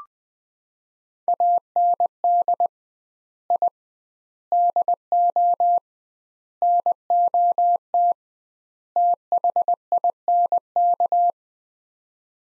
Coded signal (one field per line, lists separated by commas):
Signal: Morse code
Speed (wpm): 20 wpm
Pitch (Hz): 700 Hz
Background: none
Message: AND I DO NOT THINK